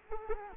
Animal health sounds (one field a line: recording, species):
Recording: mosquito wingbeat signal from an infrared sensor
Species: Culex quinquefasciatus